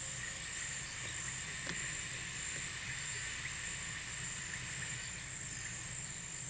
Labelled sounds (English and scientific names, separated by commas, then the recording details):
none
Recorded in pastures near Puerto Asís, Putumayo, Colombia, on 23 June 2025 at 16:00
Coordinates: 0.486, -76.323
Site H29